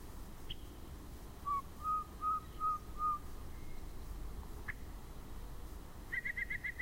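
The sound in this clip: Yellow-breasted chat song: five clear whistled notes evenly spaced, then a quick run of higher clipped notes near the end, over a low background rumble.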